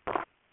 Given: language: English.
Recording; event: throat vibration sensor signal played as sound; swallow